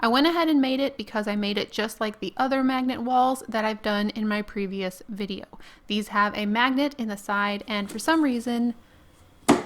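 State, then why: Seated. A removable foam board dollhouse wall, which will hold the fireplace and has a magnet in its side, is set into the dollhouse structure while someone talks. After a quiet pause, a sharp click is heard at 9.5 seconds as the wall snaps into place on the magnet and is seated.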